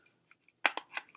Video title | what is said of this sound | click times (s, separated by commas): Elvie Wearable Breast Pump Unboxing | everything so but it clicks right in and | 0.7 s